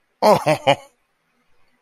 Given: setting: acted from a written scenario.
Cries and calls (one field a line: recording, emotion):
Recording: vocal sound without words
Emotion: adoration